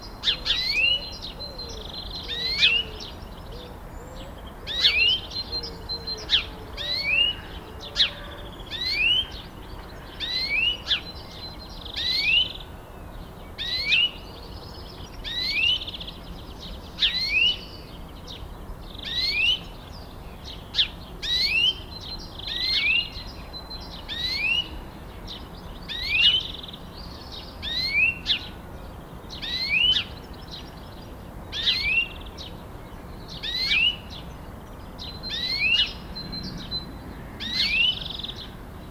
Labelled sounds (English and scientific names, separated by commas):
European Greenfinch (Chloris chloris) call